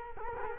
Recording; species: mosquito wingbeat signal from an infrared sensor; Culex quinquefasciatus